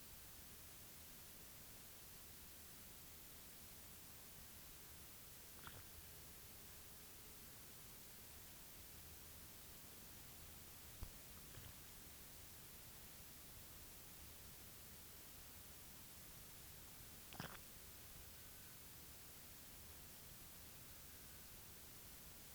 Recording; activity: daily activity, guitar pickup as the sensor; drink water